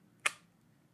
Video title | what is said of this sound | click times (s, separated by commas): Glock 19 and 19x IWB Holster Comfort - Stability - Concealment | And then you can feel the stability when you holster the gun. You hear that familiar click that you're used to. | 0.3 s